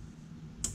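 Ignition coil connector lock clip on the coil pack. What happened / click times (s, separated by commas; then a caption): The connector lock clip clicked open / 0.6 s. On a 2015 Ford Mustang GT, the plastic locking clip on the ignition coil pack's electrical connector is lifted up to unlock it before unplugging. A low, steady hum runs underneath until a single light, sharp, high-pitched click at 0.6 s. The clip clicks open and the connector is released.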